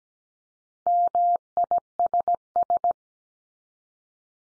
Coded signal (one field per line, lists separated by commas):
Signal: Morse code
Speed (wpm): 17 wpm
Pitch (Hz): 700 Hz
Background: none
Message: MISS